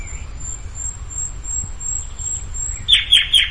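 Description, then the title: Bird chirps: a sudden burst of quick, high chirps in the last second, over a thin, very high steady tone. "LuckyPassaro Completos2Sama"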